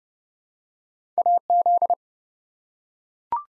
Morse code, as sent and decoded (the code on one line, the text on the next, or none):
.- --..
AZ